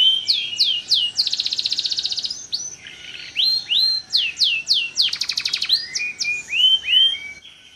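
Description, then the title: Canary song with sweeping downslurred whistles, fast rolling trills and a buzzy rattle, phrases changing every second or so. Kalitan-type canary singing actively (gacor) with long song phrases (suara panjang). "Kenari Kalitan Gacor Suara Panjang"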